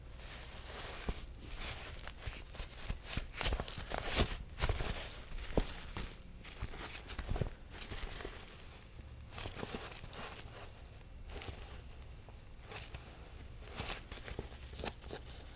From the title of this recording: Inspecting & Examining Objects